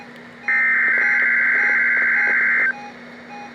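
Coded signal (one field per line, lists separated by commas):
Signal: Emergency Alert System (SAME) tones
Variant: header bursts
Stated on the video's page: NOAA Weather Radio required weekly tests.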